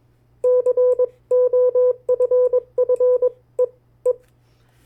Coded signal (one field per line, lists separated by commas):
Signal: Morse code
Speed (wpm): 21 wpm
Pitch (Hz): 500 Hz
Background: none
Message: COFFEE